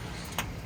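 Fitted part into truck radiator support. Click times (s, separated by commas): 0.4 s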